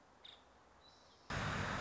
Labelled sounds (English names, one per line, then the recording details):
Nuttall's Woodpecker
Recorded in Sonoma County, California